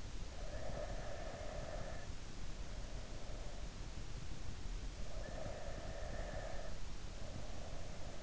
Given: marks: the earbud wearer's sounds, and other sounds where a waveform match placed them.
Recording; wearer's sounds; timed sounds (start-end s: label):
sounds in sleep by an in-ear microphone; breath
0.35-3.72 s: breath
4.92-8.23 s: breath